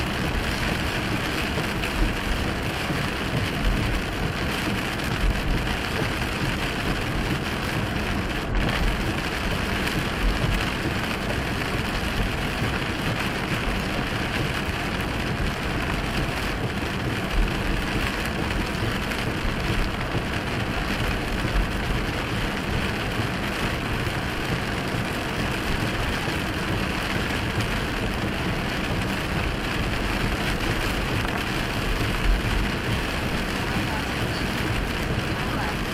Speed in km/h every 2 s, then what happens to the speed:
52, 53, 52, 52, 50, 50, 48, 47, 40, 40, 40, 40, 42, 45, 47, 48, 48, 48.
0-11 steady at about 52. 11-16 slows to 40. 16-36 speeds up to 48.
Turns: none.